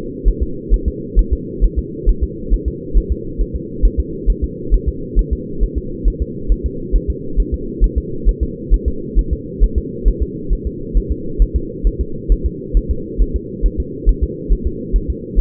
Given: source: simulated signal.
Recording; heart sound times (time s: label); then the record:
fetal heart sounds
0.28 s: S1
0.43 s: S2
0.74 s: S1
0.88 s: S2
1.19 s: S1
1.33 s: S2
1.64 s: S1
1.79 s: S2
2.09 s: S1
2.23 s: S2
2.53 s: S1
2.68 s: S2
2.97 s: S1
3.12 s: S2
3.41 s: S1
3.56 s: S2
3.85 s: S1
4.00 s: S2
4.30 s: S1
4.44 s: S2
4.74 s: S1
4.89 s: S2
5.19 s: S1
5.33 s: S2
5.63 s: S1
5.78 s: S2
6.08 s: S1
6.22 s: S2
6.52 s: S1
6.66 s: S2
6.96 s: S1
7.10 s: S2
7.40 s: S1
7.54 s: S2
7.84 s: S1
7.98 s: S2
8.29 s: S1
8.43 s: S2
8.74 s: S1
8.88 s: S2
9.19 s: S1
9.33 s: S2
9.64 s: S1
9.78 s: S2
10.08 s: S1
10.22 s: S2
10.53 s: S1
10.67 s: S2
10.97 s: S1
11.11 s: S2
11.42 s: S1
11.56 s: S2
11.87 s: S1
12.01 s: S2
12.32 s: S1
12.46 s: S2
12.77 s: S1
12.91 s: S2
13.22 s: S1
13.36 s: S2
13.66 s: S1
13.80 s: S2
14.09 s: S1
14.23 s: S2
14.53 s: S1
14.67 s: S2
14.96 s: S1
15.10 s: S2
15.40 s: S1
From the record:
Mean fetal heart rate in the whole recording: 135 bpm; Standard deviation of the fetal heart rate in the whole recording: 3 bpm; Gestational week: 36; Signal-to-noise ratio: -4.3 dB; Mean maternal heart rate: 72 bpm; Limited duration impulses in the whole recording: present